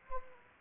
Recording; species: mosquito wingbeat signal from an infrared sensor; Anopheles gambiae